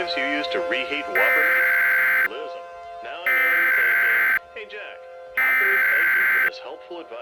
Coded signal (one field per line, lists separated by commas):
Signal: Emergency Alert System (SAME) tones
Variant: header bursts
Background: speech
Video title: The Sierra (EAS Scenario)